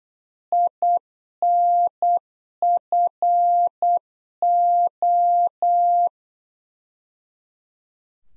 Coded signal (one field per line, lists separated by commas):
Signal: Morse code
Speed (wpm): 8 wpm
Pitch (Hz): 700 Hz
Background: none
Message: INFO